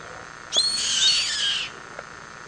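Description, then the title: Yellow-headed caracara uttering a single hoarse, rasping scream lasting about a second, with faint clicks and a constant background hum. "LuckyPassaro Completos2Sama. Yellow-headed Caracara (Milvago chimachima)"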